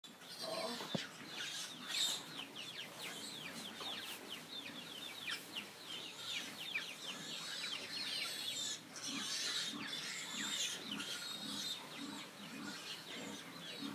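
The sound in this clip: Pigs squealing, a chorus of high, shrill, overlapping cries going on irregularly throughout.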